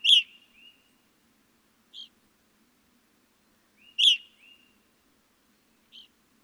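Evening grosbeak calls: two strong, piercing notes four seconds apart, each followed by a soft chirp and a quieter echoing note about two seconds later.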